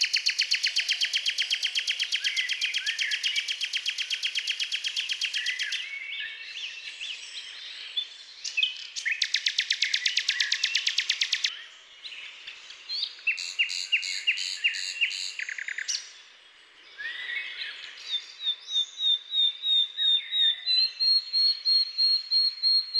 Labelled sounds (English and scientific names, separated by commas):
Common Nightingale (Luscinia megarhynchos) song